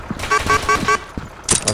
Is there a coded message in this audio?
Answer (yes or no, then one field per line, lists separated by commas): no